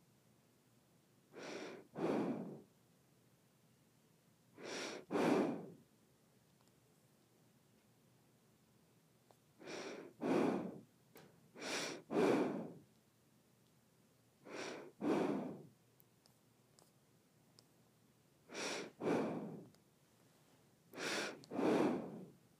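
Someone breathes through the nose in paired in-and-out breaths that come roughly every three to five seconds. Each breath is a short airy rush, the second of each pair slightly longer and stronger. Between breaths there is near silence.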